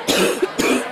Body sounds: coughing mixed with background sound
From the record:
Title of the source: 60 coughing still (deep and wet cough)

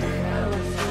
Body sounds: coughing mixed with background sound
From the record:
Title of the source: Coughing Man Sound - Man Cough Sound Effect

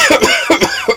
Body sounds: coughing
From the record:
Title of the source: Dry Afternoon Cough

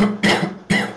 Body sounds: coughing mixed with background sound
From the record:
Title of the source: Man Coughing Sound - Wet Cough Sound Effect

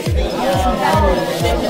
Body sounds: background sound without coughing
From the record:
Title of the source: Nightlife Party Simulating Party Club Noise 1 Hour

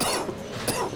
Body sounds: coughing mixed with background sound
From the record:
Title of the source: Coughing 79

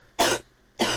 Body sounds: coughing mixed with background sound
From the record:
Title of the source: 61 morning phlegmy cough...again

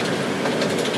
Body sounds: background sound without coughing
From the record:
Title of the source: Office Sounds Ambience - Background Noise for Study and Work

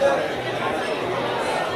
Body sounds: background sound without coughing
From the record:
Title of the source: CITY SOUNDS Busy Bar in the Evening Night - 2 HOURS of Ambiance for Relaxation

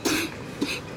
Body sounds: coughing mixed with background sound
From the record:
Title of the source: 64 coughing, allergies, singing lungs

